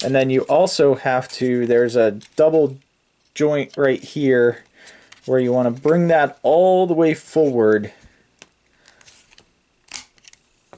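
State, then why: Seated. Someone talks while converting a Generation Toy Tyrant transforming plastic toy robot, pushing the leg section with its double joint all the way forward into the leg assembly. After the speech, a few small plastic clicks and handling sounds follow, and the joint snaps and locks into place at 10.0 s.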